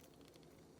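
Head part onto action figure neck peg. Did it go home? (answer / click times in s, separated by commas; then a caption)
no / none. A plastic hair/head piece is handled at the neck peg of an action figure, being worked toward the peg to be pushed on. A faint, brief tick is heard at 0.4 s over low, steady background noise, but nothing has seated or clicked yet.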